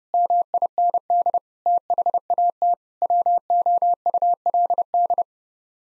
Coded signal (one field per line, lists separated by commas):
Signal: Morse code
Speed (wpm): 32 wpm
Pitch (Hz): 700 Hz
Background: none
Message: MIND THAT WOULD